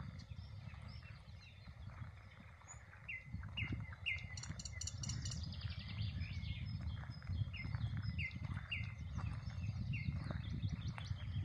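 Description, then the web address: Common nightingale song: repeated whistled notes and a quick high rattle, partly masked by a strong low rumble. "rossignol ordinaire chant du rossignol"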